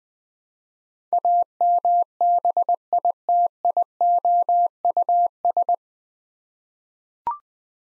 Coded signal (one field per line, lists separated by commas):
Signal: Morse code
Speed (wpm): 20 wpm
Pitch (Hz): 700 Hz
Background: none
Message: AMBITIOUS